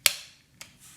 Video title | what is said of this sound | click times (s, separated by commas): How to Disassemble and Reassemble Springfield XDM 9 (Field Strip) | And you're going to push up until you hear the click. | 0.1 s